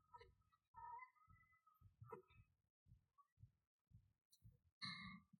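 Steady low thumps at about 110 a minute with faint tonal hums over them: a regular heartbeat.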